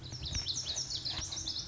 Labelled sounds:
Lazuli Bunting
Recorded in Sonoma County, California

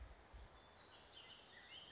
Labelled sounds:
Bullock's Oriole
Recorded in Sonoma County, California

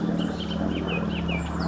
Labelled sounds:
Bullock's Oriole
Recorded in Sonoma County, California

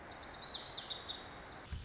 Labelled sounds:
Lazuli Bunting
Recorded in Sonoma County, California

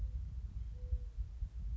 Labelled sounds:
Mourning Dove
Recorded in Sonoma County, California

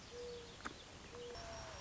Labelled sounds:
Mourning Dove
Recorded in Sonoma County, California

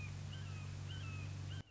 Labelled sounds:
Red-shouldered Hawk
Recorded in Sonoma County, California

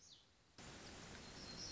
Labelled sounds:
Black-throated Gray Warbler
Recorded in Sonoma County, California

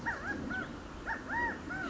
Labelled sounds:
California Quail
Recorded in Sonoma County, California

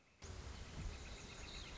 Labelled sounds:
Northern Flicker
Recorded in Sonoma County, California

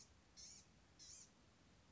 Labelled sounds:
Blue-gray Gnatcatcher
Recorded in Sonoma County, California

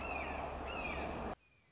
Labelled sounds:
Red-shouldered Hawk
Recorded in Sonoma County, California

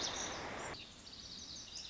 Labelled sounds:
Lazuli Bunting
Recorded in Sonoma County, California

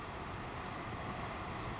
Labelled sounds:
Savannah Sparrow
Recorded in Sonoma County, California

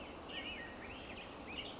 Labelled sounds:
Western Tanager
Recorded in Sonoma County, California

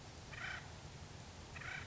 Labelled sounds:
Acorn Woodpecker
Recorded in Sonoma County, California

